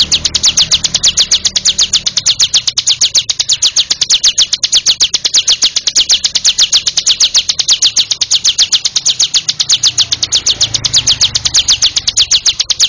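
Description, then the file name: Bar-winged prinia singing a long, unbroken series of rapid high chips, evenly spaced and steady in loudness, with faint low rumble underneath. "ciblek monster"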